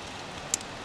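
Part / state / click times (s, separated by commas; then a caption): plastic cable tie ratchet on a motorcycle rear hugger mount / seated / 0.5 s. A plastic cable tie holding the rear hugger on an NC700 motorcycle is pulled tighter with pliers in a rolling action, against a steady broadband hiss. A sharp, bright ratchet click is heard at 0.5 s as the tie ratchets two clicks tighter, and the tie is now solid.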